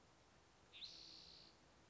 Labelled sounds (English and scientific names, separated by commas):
Spotted Towhee (Pipilo maculatus)